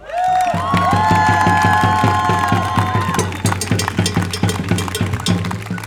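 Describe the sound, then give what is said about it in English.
A large crowd at a demonstration for freedom of migration and refugee rights bursts into loud, dense applause for the volunteers and organizers who made the day possible, with sustained cheering and whooping voices over the first few seconds, then steady rapid clapping. “And the third thing is I want to have a big, big, big applause for all the people who made this day possible.”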